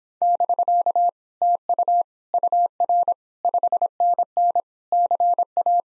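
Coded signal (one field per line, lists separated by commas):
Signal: Morse code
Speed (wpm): 26 wpm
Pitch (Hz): 700 Hz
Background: none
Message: <BK> TU UR 5NN CA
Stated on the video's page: Morse speed-racing practice of common QSO phrases, starting at 1.5 times the 17 wpm base speed, slowing down, with a final repeat at maximum speed.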